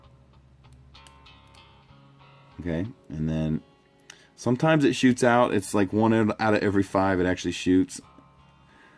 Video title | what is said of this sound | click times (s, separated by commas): Star Wars Episode 6 Return of the Jedi R2-D2 with Launching Lightsaber POTF | of course he comes with the lightsaber and all you do is you just slide it into the hole and push - you hear click okay | 1.1 s